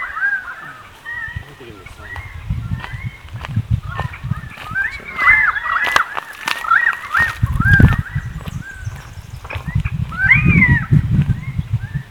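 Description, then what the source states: Currawongs calling together in a dense tangle of ringing, bending whistles, broken by sharp knocks and low rumbling noise. More than one currawong.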